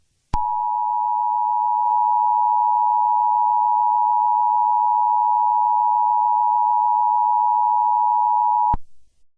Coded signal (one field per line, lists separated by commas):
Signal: Emergency Alert System (SAME) tones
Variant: 853 and 960 Hz attention tone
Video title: Eas scenario 7 toxic virus (part 2)